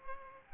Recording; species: mosquito wingbeat signal from an infrared sensor; Culex pipiens